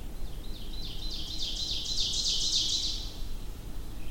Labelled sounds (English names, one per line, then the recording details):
Ovenbird song
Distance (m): 30 m
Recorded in boreal forest in Alberta, Canada, on 22 June 2016 at 08:16
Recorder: SongMeter 3, array SBT-6-76
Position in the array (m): 275 m, 105 m
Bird 1